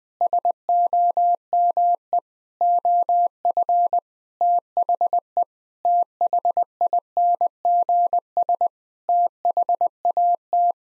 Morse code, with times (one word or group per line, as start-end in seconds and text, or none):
0.2-2.2 SOME
2.6-4.0 OF
4.4-5.4 THE
5.8-8.7 THINGS
9.1-10.7 THAT